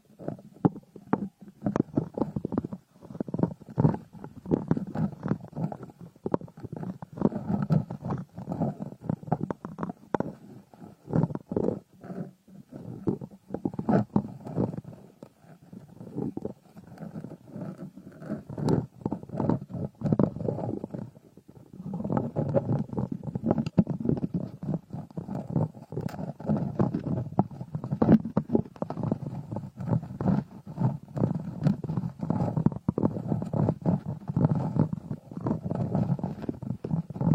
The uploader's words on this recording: Frosted Bath Ball Ear Picking Experience.